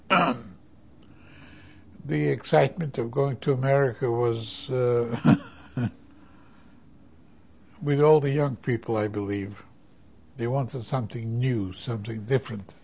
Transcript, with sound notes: The excitement of going to America was ( he laughs ) with all the young people, I believe. They wanted something new, something different.